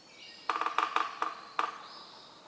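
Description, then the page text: Yellow-bellied Sapsucker drumming, a short cluster of quick knocks followed by several widely spaced taps. Community of several drummers on various substrates, stereo recording, Atlanta, Michigan, April 24, 2018, 6:22 to 6:50 a.m., beginning 15 minutes before sunrise (6:37 a.m.) and continuing after. "Yellow-bellied sapsucker: My favorite community of drummers, this one recorded beginning 15 minutes before sunrise and continuing well after."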